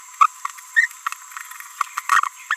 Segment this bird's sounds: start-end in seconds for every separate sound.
0.21-0.26, 0.76-0.86, 2.09-2.28, 2.51-2.54